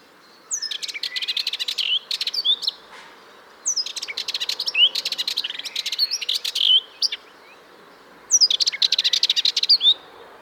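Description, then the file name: Eurasian blackcap: three bursts of rapid, dry ticking notes mixed with brief high whistled slurs, of varying length, separated by short pauses. "Sylvia atricapilla"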